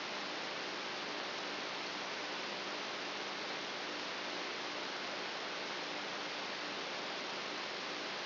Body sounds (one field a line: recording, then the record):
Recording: brain microelectrode recording played as sound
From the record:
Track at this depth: outside the subthalamic nucleus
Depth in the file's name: 8.1 mm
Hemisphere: right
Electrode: 2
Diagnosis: Parkinson's disease